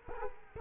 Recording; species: mosquito wingbeat signal from an infrared sensor; Culex quinquefasciatus